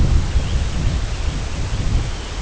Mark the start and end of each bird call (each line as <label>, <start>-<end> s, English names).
Arctic Tern, 0.15-2.41 s